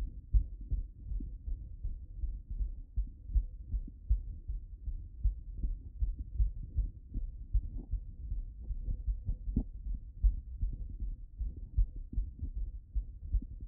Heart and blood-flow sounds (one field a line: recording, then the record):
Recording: heart sounds by stethoscope after running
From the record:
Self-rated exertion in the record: very light exertion (1 of 6)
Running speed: 6 mph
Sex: male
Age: 27 years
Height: 188 cm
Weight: 79 kg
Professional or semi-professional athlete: no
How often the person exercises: 3 to 5 times a week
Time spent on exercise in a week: 3 to 4 hours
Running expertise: yes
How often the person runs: 1 to 2 times a week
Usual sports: running, tennis, rock climbing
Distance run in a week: 10 km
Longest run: 42 km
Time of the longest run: 220 minutes